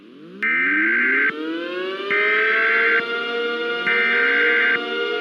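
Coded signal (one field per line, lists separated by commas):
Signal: Emergency Alert System (SAME) tones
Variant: header bursts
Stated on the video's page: Fictional EAS scenario, remastered version with rescripted alerts, simulated rather than real.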